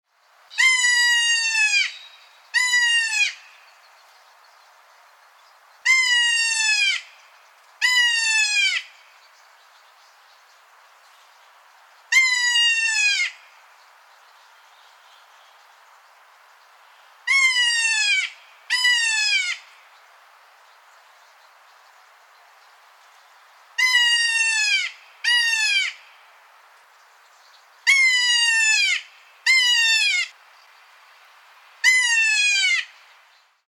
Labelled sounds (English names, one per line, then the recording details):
Kea
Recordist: Tembrock, Günter
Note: Rufreihe (oft zweisilbig)